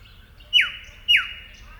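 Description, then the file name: Eastern yellow robin calls: two sharp, loud notes about half a second apart, each a brief high held tone dropping into a quick downward sweep, over a quiet background. "Eopsaltria Australis"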